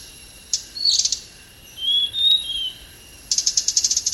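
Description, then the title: Hanging parrot giving a few short buzzy notes, then a thin wavering whistle, ending in a fast stuttering series of high rasping chips. "SERINDIT"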